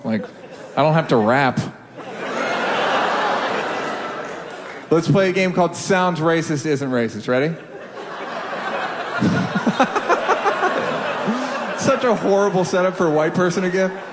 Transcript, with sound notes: Like, I don't have to rap. (LAUGHTER) Let's play a game called Sounds Racist, Isn't Racist - ready? (LAUGHTER) Such a horrible setup for a white person again.